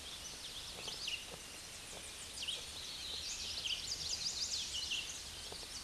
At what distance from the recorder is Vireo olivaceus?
about 65 m